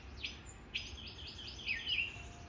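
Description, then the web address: Mockingbird giving two sharp down-slurred chirps and then a buzzy trilled phrase, with soft background noise. "hermanr. Mocking Bird"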